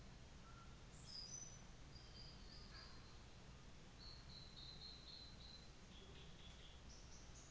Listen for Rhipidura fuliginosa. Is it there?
no